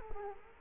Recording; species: mosquito wingbeat signal from an infrared sensor; Culex quinquefasciatus